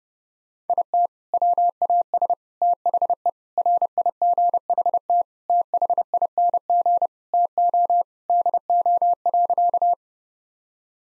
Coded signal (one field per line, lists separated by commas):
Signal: Morse code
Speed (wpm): 30 wpm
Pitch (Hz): 700 Hz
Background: none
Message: IT WAS THE RIGHT THING TO DO.